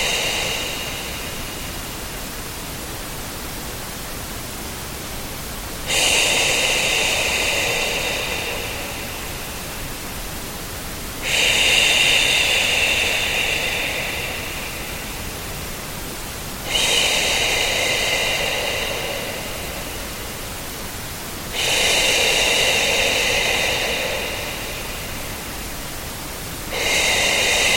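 A steady bed of soft, even pink noise runs throughout, joined about every five seconds by a human shushing sound. Each shush is a bright, hissy breath lasting three to four seconds, louder than the background, with a faint whistly edge before fading back.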